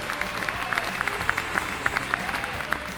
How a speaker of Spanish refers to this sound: ¡Aplausos!